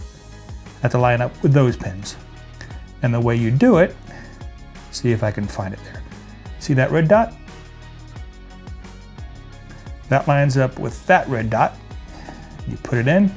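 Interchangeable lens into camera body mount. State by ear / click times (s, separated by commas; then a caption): not seated / none. An interchangeable lens is positioned at the mount of a Canon EOS R10 camera body, with the red dot on the lens lined up with the red dot on the body before inserting and twisting. Someone talks throughout, and a few faint handling sounds are heard between the phrases. Nothing has seated or clicked yet.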